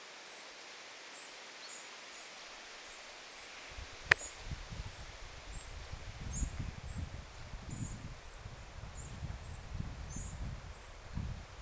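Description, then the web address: Eurasian wren begging calls: thin, very high peeps repeated irregularly, with a sharp click early on and low rustling or rumbling noise filling the later part. Recorded 9 August 2026; wren fledglings begging. "paivat 9 8 2026 peukaloisen lentopoikaset kerjaavat"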